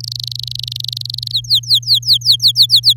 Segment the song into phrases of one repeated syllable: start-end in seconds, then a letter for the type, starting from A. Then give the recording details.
0.00-1.32 A, 1.33-2.93 B. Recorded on 11 May 2018 at 06:02. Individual llb16